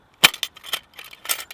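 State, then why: Seated. A folding top handle is fitted onto a stainless steel cooking pot and clips in with a sharp metallic click at 0.3 s. A few quieter clicks and rattles follow through the rest of the clip, and the handle is seated.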